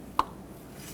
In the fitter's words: Now you want to take the wire, slide it over the spark plug, press it on until it clicks and locks in.